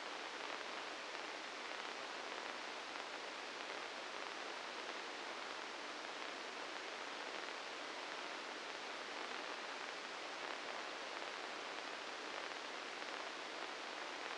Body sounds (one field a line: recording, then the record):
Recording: brain microelectrode recording played as sound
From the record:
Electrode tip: inside the subthalamic nucleus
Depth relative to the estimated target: 2 mm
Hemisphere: left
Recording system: NeuroSet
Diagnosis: Parkinson's disease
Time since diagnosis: 9 years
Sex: male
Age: 61 years